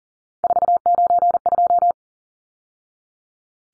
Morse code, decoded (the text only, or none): 492